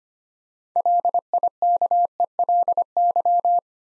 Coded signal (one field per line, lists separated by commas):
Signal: Morse code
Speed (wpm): 25 wpm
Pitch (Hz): 700 Hz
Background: none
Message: LIKELY